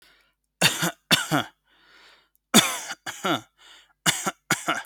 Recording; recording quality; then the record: shallow voluntary cough; excellent, no background noise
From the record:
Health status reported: healthy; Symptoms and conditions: none ticked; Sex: male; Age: 41 years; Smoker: not ticked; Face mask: not worn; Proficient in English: yes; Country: India